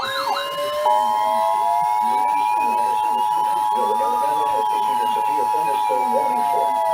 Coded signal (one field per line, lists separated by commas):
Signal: Emergency Alert System (SAME) tones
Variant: 853 and 960 Hz attention tone